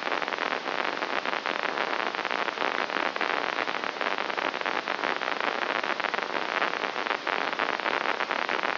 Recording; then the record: brain microelectrode recording played as sound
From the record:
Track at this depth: inside the subthalamic nucleus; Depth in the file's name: 3.818 mm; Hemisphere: left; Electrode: 2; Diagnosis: Parkinson's disease